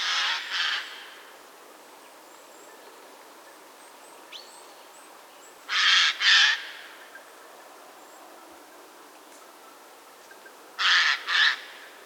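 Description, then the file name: Eurasian jay calling in harsh, grating double screeches, with pairs at the start, around the middle and near the end, separated by quiet gaps. "Garrulus glandarius"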